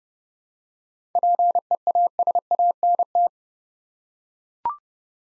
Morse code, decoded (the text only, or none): PEASANT